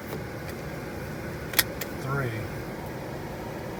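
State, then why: Seated. With the ignition in the run position in a Jeep Grand Cherokee or Dodge, the metal seatbelt tongue is pushed into the buckle for the last time in a buckle-and-unbuckle sequence of three, done to disable the seatbelt chime. Someone talks as a sharp click lands at 1.6 s, with softer ticks just before and at about 1.8 s. The tongue is seated and left clicked into the buckle.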